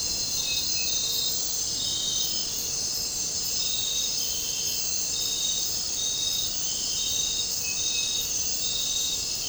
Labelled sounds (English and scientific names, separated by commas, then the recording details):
none
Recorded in dense forest near Puerto Asís, Putumayo, Colombia, on 12 March 2025 at 23:30
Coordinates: 0.467, -76.328
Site G041